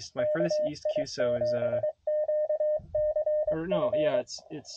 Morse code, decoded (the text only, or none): KI7QCF